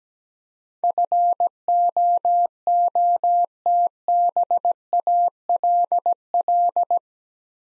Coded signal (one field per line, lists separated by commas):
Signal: Morse code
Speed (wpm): 17 wpm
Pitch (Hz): 700 Hz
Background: none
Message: FOOTBALL